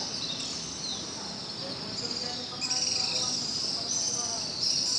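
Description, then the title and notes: Swiftlets chattering in a high buzzy twitter, with brighter bursts of chirps about halfway through and at the end over steady low noise. Swiftlet colony nesting in concrete corners under Pasar Sentral bridge, Pangkajene; flying around the bridge, foraging over housing and busy open market; heard every morning. "Kolong Walet. suara dari anggota keluarga Burung Walet yang bersarang di sudut-sudut beton bawah Jembatan Pasar Sentral Pangkajene"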